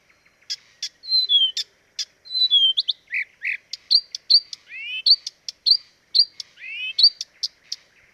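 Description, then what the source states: Blyth's reed warbler singing a lively sequence of sharp ticks, falling whistled slurs and repeated rising notes, each phrase often given two or three times. Dviete.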